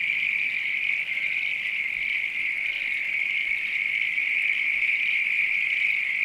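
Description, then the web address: Frog chorus forming an even, unbroken high-pitched trill, many callers blending into one constant shimmering wall of sound. Night countryside ambience with frogs. "Sound Effects-Foundation AMBIENCE NIGHT COUNTRY FROGS RAIN FARM ANIMALS LOOP"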